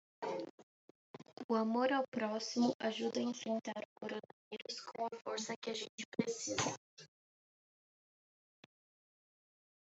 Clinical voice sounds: spoken sentence; Brazilian Portuguese; female; 20 to 29 years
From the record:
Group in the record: control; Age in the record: 21 years

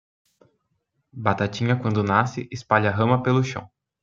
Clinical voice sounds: short text; Brazilian Portuguese; male; 20 to 29 years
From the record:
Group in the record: control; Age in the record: 28 years

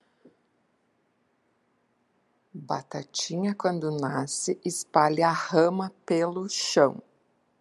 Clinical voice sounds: short text; Brazilian Portuguese; female; 50 to 59 years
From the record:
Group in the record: control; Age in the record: 59 years

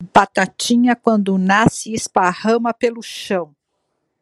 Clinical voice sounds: short text; Brazilian Portuguese; female; 60 to 69 years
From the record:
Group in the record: control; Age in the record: 60 years

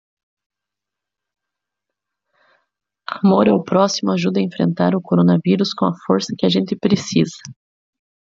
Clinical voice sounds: spoken sentence; Brazilian Portuguese; female; 30 to 39 years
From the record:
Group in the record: control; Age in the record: 38 years

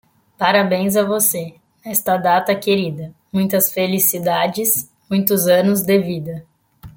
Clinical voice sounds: short text; Brazilian Portuguese; female; 20 to 29 years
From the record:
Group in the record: control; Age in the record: 22 years

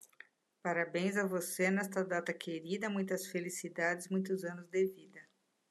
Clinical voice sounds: short text; Brazilian Portuguese; female; 60 to 69 years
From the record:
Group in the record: control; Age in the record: 64 years

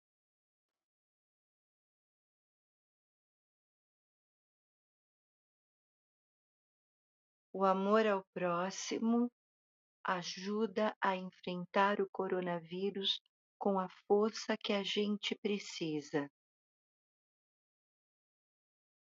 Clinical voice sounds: spoken sentence; Brazilian Portuguese; female; 60 to 69 years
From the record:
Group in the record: control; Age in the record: 64 years

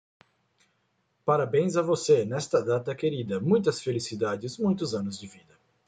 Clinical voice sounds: short text; Brazilian Portuguese; male; 30 to 39 years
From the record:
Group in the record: control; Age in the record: 39 years

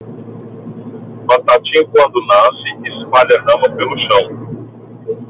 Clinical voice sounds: short text; Brazilian Portuguese; male; 30 to 39 years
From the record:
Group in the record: control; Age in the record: 37 years

